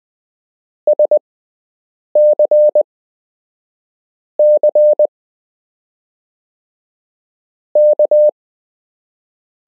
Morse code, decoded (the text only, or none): SC C K